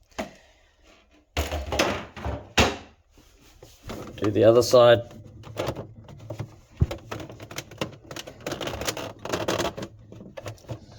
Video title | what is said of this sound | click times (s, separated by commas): Fisher and Paykel Fridge Leaking | and then it can just go back in just the same, clicks back in. | 1.4 s, 2.6 s